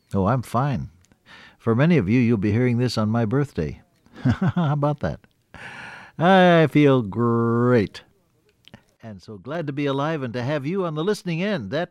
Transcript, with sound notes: Oh, I’m fine. For many of you, you’ll be hearing this on my birthday. (Laughs) How about that? I feel great and so glad to be alive and to have you on the listening end.